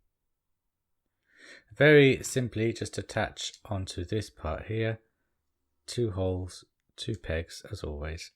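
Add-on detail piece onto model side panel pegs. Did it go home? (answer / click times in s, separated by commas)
no / none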